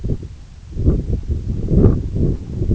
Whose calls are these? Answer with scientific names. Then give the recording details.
none. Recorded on Arctic tundra, site EABA-1, on 26 June 2018. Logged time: 08:00